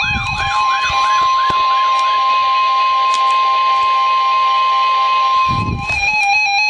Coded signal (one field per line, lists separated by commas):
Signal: Emergency Alert System (SAME) tones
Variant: 1050 Hz attention tone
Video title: 2 Same Special Marine Warning for 3 Chesapeake Bay Zones and 3 Tributaries {EAS #1272-73} 6-10-13